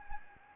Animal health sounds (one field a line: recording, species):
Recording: mosquito wingbeat signal from an infrared sensor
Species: Anopheles gambiae